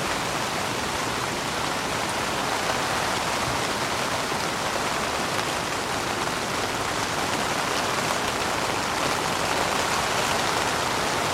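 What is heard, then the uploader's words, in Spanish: Soft rain patters steadily on a tent canvas, a dense, even hiss of countless fine drops with no pauses or swells. The sound is bright, with a faint low rumble underneath, and stays constant for the whole stretch. Sumérgete en un mundo donde el suave golpeteo de la lluvia en la lona te calma y relaja. Este suave ruido de la lluvia, capturado en audio 3D de alta calidad, te lleva al corazón de un tranquilo y remoto lugar en el campo. Lluvia Suave en la Tienda.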